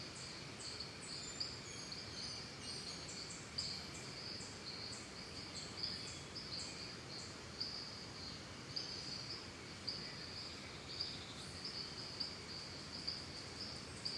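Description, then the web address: Crickets chirping in a steady high pulsing chorus, with short bird chirps and calls scattered through a soft, constant forest hiss. Calm forest and jungle ambience with birds and crickets, Costa Rica. "Big Room Sound Birds Crickets Costa Rica"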